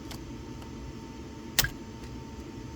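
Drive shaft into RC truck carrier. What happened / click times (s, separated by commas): The drive shaft end snapped onto its carrier / 1.6 s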